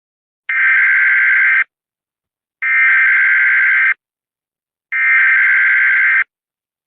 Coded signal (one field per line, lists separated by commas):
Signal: Emergency Alert System (SAME) tones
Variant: header bursts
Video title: (Snowboi Reupload) 2020 Civil War REMASTERED: An EAS Scenario